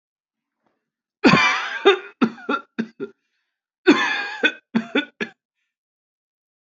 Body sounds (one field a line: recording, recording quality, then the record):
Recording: heavy voluntary cough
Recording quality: excellent, no background noise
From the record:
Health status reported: exposed to COVID-19, no respiratory illness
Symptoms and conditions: hypertension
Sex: male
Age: 25 years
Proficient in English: yes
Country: India